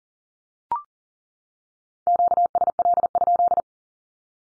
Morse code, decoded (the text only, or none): QSL?